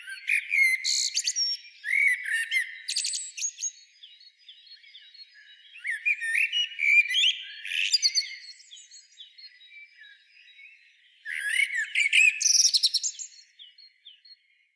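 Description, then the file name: Common blackbird song: mellow whistled phrases at the start, around six seconds and around eleven seconds, each ending in thin, high chattering notes. "Turdus merula"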